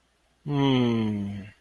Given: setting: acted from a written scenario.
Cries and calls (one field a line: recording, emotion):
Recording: vocal sound without words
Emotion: contentment